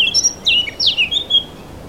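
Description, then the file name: Eurasian blackcap giving a short burst of high chirping notes, a few sliding and falling whistles in under two seconds, with faint background hiss. "Sylvia atricapilla"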